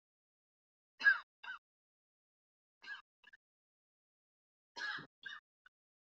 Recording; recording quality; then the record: shallow voluntary cough; excellent, no background noise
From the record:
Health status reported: exposed to COVID-19, no respiratory illness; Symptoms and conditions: none ticked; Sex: female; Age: 26 years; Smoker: not ticked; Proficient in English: yes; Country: India